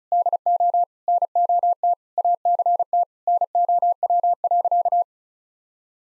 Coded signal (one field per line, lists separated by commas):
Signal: Morse code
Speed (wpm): 34 wpm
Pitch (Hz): 700 Hz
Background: none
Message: DO NOT ACT NOW.